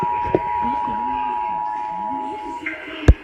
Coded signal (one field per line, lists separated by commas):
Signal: Emergency Alert System (SAME) tones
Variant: 853 and 960 Hz attention tone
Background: speech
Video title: Severe Thunderstorm Warning EAS #63